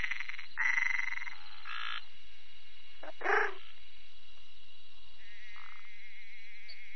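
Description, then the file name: Bokermannohyla luctuosa giving a buzzy pulsed trill at the start, then a short harsh croak, over steady background hiss and faint trilling. "Bokermannohyla luctuosa"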